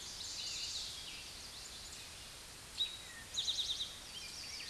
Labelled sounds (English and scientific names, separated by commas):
Eastern Towhee (Pipilo erythrophthalmus) song